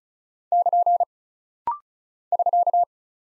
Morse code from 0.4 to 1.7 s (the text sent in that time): <KN>